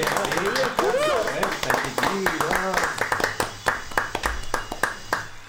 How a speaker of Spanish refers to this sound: ¿quién está ahí poniendo los aplausos, esos soniditos de sábado gigante?